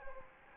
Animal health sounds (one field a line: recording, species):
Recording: mosquito wingbeat signal from an infrared sensor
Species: Anopheles gambiae